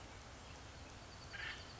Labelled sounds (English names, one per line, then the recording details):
Acorn Woodpecker
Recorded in Sonoma County, California